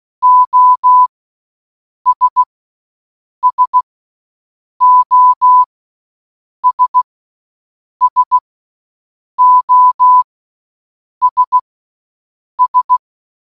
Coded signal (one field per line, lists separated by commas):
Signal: Morse code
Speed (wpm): 16 wpm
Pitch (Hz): 1000 Hz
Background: none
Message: OS SOS SOS S